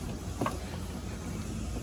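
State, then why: Not seated. A plastic electrical connector on the starter wiring of a 2002 Ford F-150 5.4L engine is handled during reinstallation of the starter wiring, after the starter has gone bad, as it is pushed toward its mating starter or solenoid wiring plug. A short scraping handling sound peaks near 0.4 s over a steady low background rumble. Nothing has seated or clicked yet.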